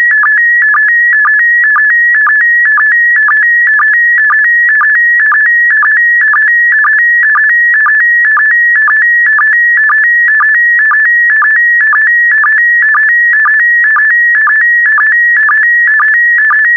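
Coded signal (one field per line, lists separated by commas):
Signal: SSTV (slow-scan television)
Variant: PD120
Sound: steady warbling tone shifting between pitches, punctuated by regular short low chirps twice a second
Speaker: the next image transmission will start in 10 seconds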